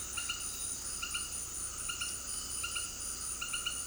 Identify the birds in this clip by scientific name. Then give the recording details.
none. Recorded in dense forest near Puerto Asís, Putumayo, Colombia, on 19 February 2024 at 18:00. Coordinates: 0.481, -76.318. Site G6421